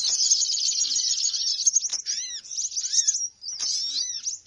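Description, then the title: Dense, high bird chatter with fast trills, followed by clearer arched whistles and sharp chirps as the chorus thins. Noisy bird calls used as a lure to attract birds, which are said to gather close soon after it starts. "Baru Diputar Dah Banyak Merapat! Suara Pikat Burung Ribut"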